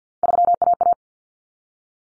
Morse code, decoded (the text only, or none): 3AA